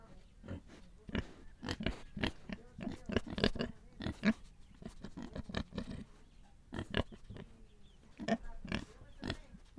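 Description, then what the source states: Pigs grunting in quick, uneven runs of short bursts, pausing briefly midway before more grunting and snuffling resumes. Pigs recorded in Viñales.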